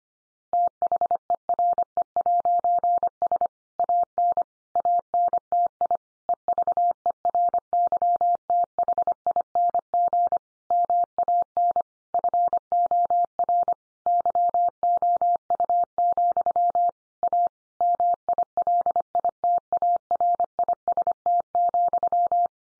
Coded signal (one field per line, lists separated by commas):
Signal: Morse code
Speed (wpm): 25 wpm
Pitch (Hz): 700 Hz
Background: none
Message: THERE'S AN ANTI EVERYTHING MAN FOR YOU, A MILITARIST,